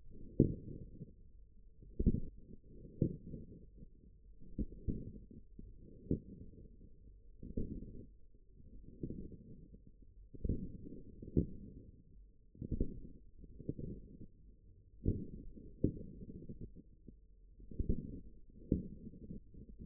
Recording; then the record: forearm muscle sounds (acoustic myography)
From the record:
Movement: forearm supination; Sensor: system 1, eight BSWA MPA416 microphones around the upper forearm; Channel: 3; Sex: male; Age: 54 years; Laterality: right